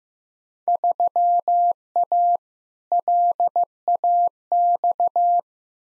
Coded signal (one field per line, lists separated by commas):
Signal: Morse code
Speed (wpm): 15 wpm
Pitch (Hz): 700 Hz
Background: none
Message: 3A LAX